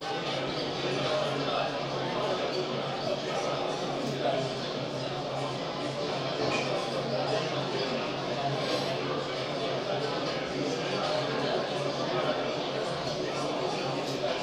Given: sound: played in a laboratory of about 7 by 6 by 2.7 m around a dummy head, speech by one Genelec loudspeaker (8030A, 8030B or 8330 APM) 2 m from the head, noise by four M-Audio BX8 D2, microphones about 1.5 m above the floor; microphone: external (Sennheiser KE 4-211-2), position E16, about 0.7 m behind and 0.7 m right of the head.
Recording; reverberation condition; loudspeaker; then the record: cafeteria noise; medium; four, about 170 cm from the corners of the room and facing them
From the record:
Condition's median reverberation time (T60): about 510 ms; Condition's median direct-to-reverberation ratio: about -0.5 dB